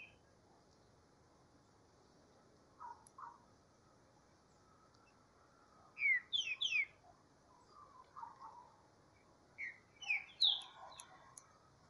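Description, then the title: Green-winged saltator song: brief clusters of slurred, downward whistled notes around six and ten seconds, with softer low chirps between and a steady hiss. Bird warming up in the bush. "Canto De Trinca Ferro. Esquentando trinca-ferro no mato"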